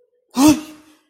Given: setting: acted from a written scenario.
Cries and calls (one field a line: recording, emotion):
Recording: vocal sound without words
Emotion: fear